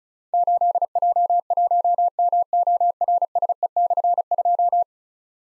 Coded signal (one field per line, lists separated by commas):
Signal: Morse code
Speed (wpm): 36 wpm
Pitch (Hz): 700 Hz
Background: none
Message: 8J1MORSE/2